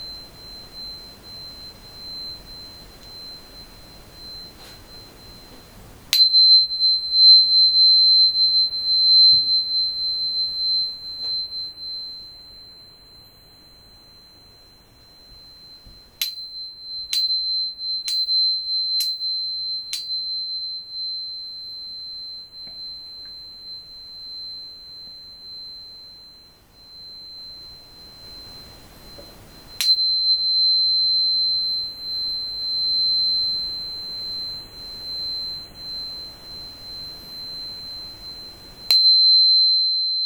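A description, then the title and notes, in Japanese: A crystal is struck and rings out a pure, high 4096 Hz tone that hangs steadily for the whole clip. Sharp strikes renew it near 6 seconds, in a quick run of four around 16 to 20 seconds, then near 30 and 39 seconds, over a faint low rumble. クリスタルチューナー 水晶の音と4096hzで潜在意識のネガティヴを排除。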